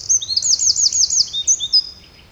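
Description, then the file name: Eurasian wren ending a song with a quick series of looping high notes, then a few separate sharp chirps before fading. "Troglodytes troglodytes"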